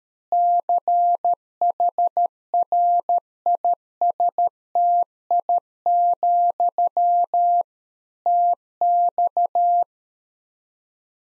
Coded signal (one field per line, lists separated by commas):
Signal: Morse code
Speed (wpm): 13 wpm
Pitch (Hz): 700 Hz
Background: none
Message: CHRISTI, TX